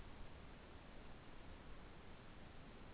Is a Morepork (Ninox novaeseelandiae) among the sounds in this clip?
no